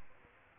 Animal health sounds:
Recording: mosquito wingbeat signal from an infrared sensor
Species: Aedes aegypti

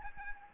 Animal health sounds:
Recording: mosquito wingbeat signal from an infrared sensor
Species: Aedes albopictus

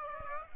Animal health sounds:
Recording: mosquito wingbeat signal from an infrared sensor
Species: Aedes aegypti

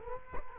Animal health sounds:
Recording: mosquito wingbeat signal from an infrared sensor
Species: Culex quinquefasciatus

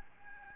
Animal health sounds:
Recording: mosquito wingbeat signal from an infrared sensor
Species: Aedes albopictus

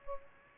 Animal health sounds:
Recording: mosquito wingbeat signal from an infrared sensor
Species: Culex pipiens

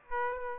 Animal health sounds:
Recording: mosquito wingbeat signal from an infrared sensor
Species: Aedes aegypti

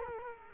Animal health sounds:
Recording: mosquito wingbeat signal from an infrared sensor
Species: Culex quinquefasciatus

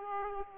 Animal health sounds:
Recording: mosquito wingbeat signal from an infrared sensor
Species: Aedes aegypti

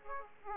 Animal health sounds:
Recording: mosquito wingbeat signal from an infrared sensor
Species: Aedes aegypti

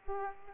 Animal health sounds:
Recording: mosquito wingbeat signal from an infrared sensor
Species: Aedes aegypti

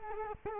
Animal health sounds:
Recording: mosquito wingbeat signal from an infrared sensor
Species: Culex quinquefasciatus

